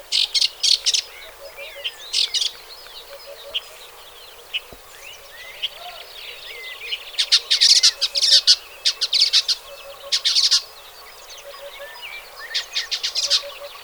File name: Rodhuvad tornskata